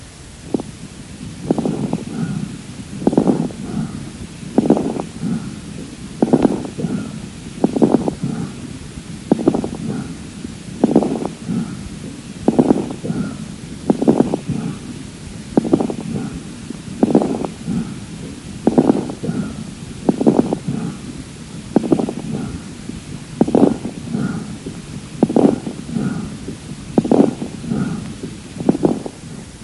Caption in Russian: Патологическое бронхиальное дыхание. Представляет собой грубый, высокочастотный шум, выслушиваемый в обе фазы с преобладанием выдоха. Бронхиальное дыхание у больного с правосторонней крупозной пневмонией первой стадии заболевания. Кроме бронхиального дыхания, выслушивались также и побочные дыхательные шумы.